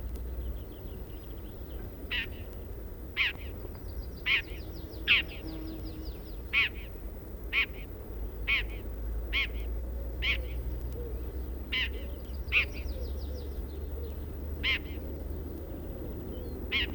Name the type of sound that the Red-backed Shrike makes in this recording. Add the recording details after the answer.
call. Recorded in the wild. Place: Schmale Heide, Insel Rügen, Mecklenburg-Vorpommern, DE. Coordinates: 54.45, 13.56. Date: 1969-05-18. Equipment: Nagra III BH, Sennheiser MD 21, parabola. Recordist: Schubert, Michael. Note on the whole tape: Hauptrufe Neutöter